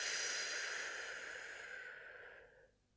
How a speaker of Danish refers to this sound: I trækker vejret ind. Og puster ud. Og træk vejret ind. Og pust ud igen.